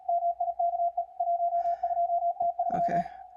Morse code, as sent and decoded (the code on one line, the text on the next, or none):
-- .. -.- . / .---- ..--- - ...--
MIKE 12T3